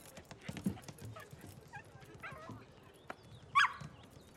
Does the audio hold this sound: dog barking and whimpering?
yes